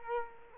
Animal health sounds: mosquito wingbeat signal from an infrared sensor; Culex quinquefasciatus

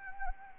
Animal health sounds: mosquito wingbeat signal from an infrared sensor; Anopheles arabiensis

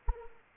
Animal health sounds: mosquito wingbeat signal from an infrared sensor; Anopheles arabiensis

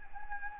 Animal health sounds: mosquito wingbeat signal from an infrared sensor; Anopheles gambiae

